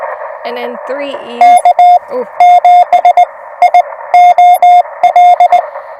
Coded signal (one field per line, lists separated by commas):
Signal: Morse code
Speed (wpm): 19 wpm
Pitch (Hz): 720 Hz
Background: speech, radio noise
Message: K7IOL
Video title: CW POTA at Land Between the Lakes. CW Copy Practice with subtitles. Follow Along!